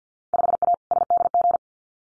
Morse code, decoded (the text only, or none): 5A SDG